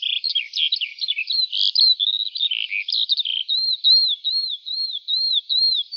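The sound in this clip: Lark song: a continuous, rapid, high warbling stream of varied chirps and trills, ending in a run of repeated looping whistled notes.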